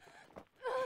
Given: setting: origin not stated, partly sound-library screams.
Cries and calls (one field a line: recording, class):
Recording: one-second piece from a danger detection set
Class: woman in danger